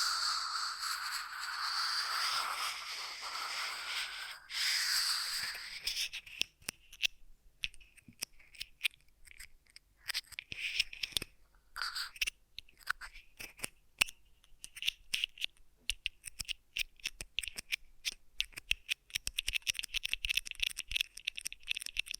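Ear massage triggers: for the first six seconds a dense, bright rubbing hiss swells and fades. After that it turns into quick, irregular scratchy snips and crackles, sharp clicks scattered unevenly with short quiet gaps between bursts, bright and thin with little low end.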